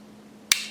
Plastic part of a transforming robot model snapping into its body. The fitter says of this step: check out the quality of this just listening to it the way that just snaps right in just I just